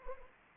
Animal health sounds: mosquito wingbeat signal from an infrared sensor; Anopheles arabiensis

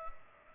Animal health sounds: mosquito wingbeat signal from an infrared sensor; Culex pipiens

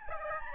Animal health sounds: mosquito wingbeat signal from an infrared sensor; Aedes albopictus

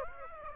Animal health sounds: mosquito wingbeat signal from an infrared sensor; Aedes aegypti

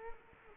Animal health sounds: mosquito wingbeat signal from an infrared sensor; Culex quinquefasciatus

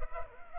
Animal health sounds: mosquito wingbeat signal from an infrared sensor; Culex pipiens

